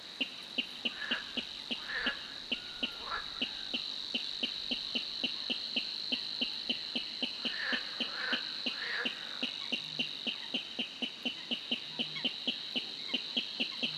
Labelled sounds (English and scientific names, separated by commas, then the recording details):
Water Rail (Rallus aquaticus)
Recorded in the wild
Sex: male
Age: adult
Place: Warsow, Kummerower See, Mecklenburg-Vorpommern, DE
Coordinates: 53.8344, 12.8475
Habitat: wetland
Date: 2009-06-15 21:00
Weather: heiter, schwacher Wind aus West, ca. 15 °C
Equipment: Sound Devices 702, Rode NT1-A Stereopaar
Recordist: Frommolt, Karl-Heinz